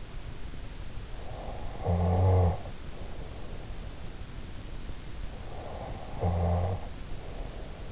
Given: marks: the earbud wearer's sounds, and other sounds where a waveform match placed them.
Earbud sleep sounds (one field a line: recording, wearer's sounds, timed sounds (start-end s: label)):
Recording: sounds in sleep by an in-ear microphone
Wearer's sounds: snoring breath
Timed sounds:
1.02-3.68 s: snoring breath
5.53-7.92 s: snoring breath